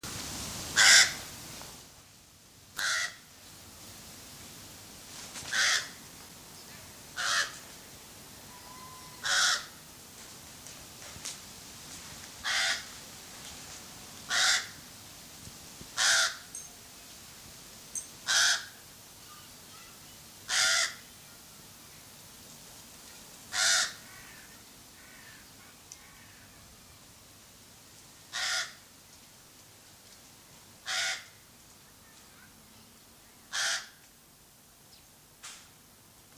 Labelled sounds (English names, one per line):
Pied Crow call